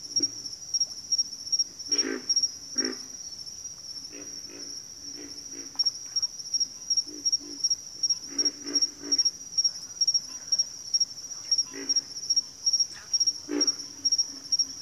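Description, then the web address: Pig frogs giving low, rough grunts, singly and in quick pairs or triplets at irregular intervals, over a steady high-pitched insect trill pulsing throughout. "Nature Sounds Sounds of Nature Collection Pig Frogs"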